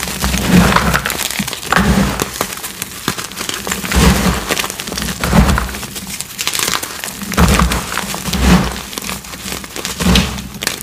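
Cornstarch crunchies and chalk pieces are crushed in a steady run of crackling, crumbly crunches. Sharp bright snaps come every second or so, with thick low pressing thuds beneath, swelling in bursts around 1, 4–5 and 8 seconds.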